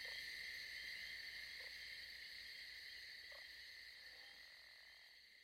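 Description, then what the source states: Crickets trilling in a steady, unbroken high chorus, with a few soft low notes spaced a second or two apart. Evening cricket calls.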